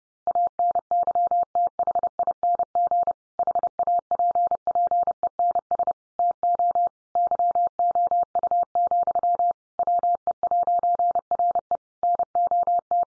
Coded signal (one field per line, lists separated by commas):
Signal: Morse code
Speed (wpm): 30 wpm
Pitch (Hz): 700 Hz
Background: none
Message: ANYTHING HAPPENS TO YOU, WE'RE NOT